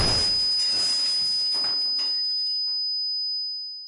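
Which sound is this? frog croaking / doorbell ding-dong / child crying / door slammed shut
door slammed shut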